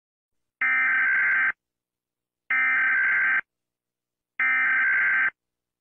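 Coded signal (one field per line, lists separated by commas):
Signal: Emergency Alert System (SAME) tones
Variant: header bursts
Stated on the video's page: Fictional EAS scenario about nuclear missiles striking Chile; not a real alert.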